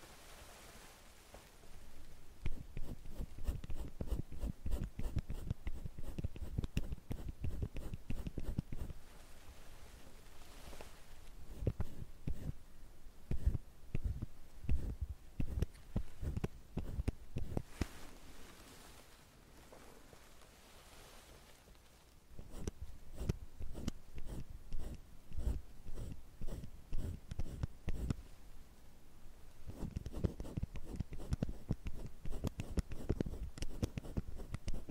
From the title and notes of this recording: ASMR Doing your Makeup sound tweezers curling iron No Talking.